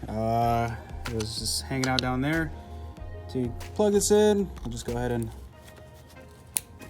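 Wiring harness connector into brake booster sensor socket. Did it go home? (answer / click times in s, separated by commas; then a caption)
yes / 6.6 s. Someone talks while pushing a wiring harness connector onto the brake booster sensor socket of a 2014 RAM 1500 pickup truck during a brake booster replacement. A single sharp click sounds at 6.6 seconds as the connector seats.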